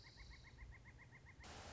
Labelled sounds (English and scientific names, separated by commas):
Pileated Woodpecker (Dryocopus pileatus)